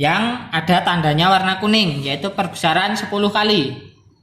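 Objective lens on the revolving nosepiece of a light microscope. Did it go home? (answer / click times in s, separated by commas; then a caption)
no / none. Someone talks while the revolving nosepiece of a light microscope is turned from the small objective toward the 10x objective, marked with a yellow ring. The 10x objective lens has not yet clicked into place on the nosepiece, the click that would show it is correctly positioned.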